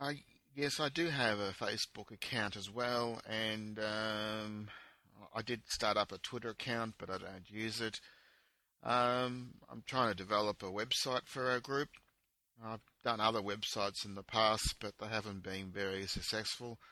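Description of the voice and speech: Adult man from Brisbane, Australia, involved for many years in a stuttering self-help group, speaks with long drawn-out filler sounds and hesitant pauses, consistent with mild stuttering.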